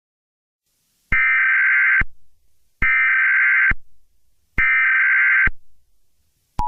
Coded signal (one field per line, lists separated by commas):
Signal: Emergency Alert System (SAME) tones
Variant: header bursts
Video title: Soap 1.3 Network EAS Broadcast (6/13/25)